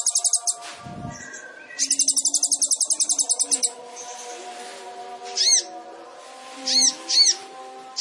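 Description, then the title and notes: Sunbird song with a short trill, a longer rapid chattering trill, then separate arched chirps against a faint steady hum. Indonesian masteran training recording of an actively singing (gacor) kolibri ninja, full of isian (song fill-ins) and tembakan (sharp burst phrases), intended as pancingan to stimulate other birds. "MASTERAN KOLIBRI NINJA TERBAIK FULL ISIAN DAN TEMBAKAN MEWAH COCOK BUAT PANCINGAN. Suara Burung Kolibri Ninja Gacor"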